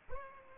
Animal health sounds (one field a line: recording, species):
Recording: mosquito wingbeat signal from an infrared sensor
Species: Aedes albopictus